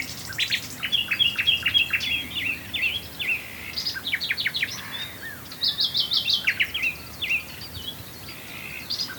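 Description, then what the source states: Common nightingale singing bursts of rapid repeated notes, mixing sharp whistles and rattling series, with brief pauses between phrases. Recorded at Swale.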